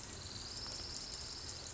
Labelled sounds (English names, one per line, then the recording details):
Orange-crowned Warbler
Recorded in Sonoma County, California